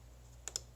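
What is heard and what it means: A nut is pushed onto a fine-threaded stud or bolt and turned backwards until the thread starts drop past each other, which marks the right spot for the threads to engage before tightening forward. Two small, sharp clicks are heard at 0.5 s and 0.6 s over a low steady hum. The thread starts drop into engagement and the nut is seated, ready to go on straight.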